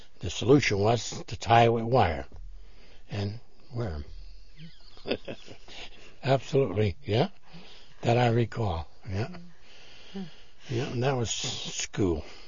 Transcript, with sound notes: The solution was to tie them with wire. And wear 'em. (he laughs) Absolutely yeah. That I recall. Yeah. Yeah and that was school.